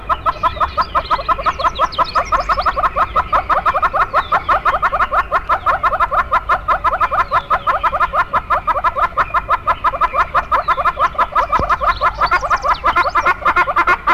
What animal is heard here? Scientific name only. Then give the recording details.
Tockus erythrorhynchus. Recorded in the wild. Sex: diverse. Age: diverse. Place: Krüger-Nationalpark, Krüger Nationalpark, ZA. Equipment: Halbspur, 9,5 cm/s. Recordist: Lütgens, Hans